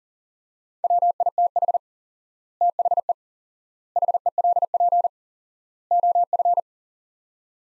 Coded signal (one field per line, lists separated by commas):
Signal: Morse code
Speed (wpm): 40 wpm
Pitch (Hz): 700 Hz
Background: none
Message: WITH THE HELP OF